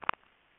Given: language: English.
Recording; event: throat vibration sensor signal played as sound; swallow